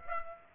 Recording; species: mosquito wingbeat signal from an infrared sensor; Aedes aegypti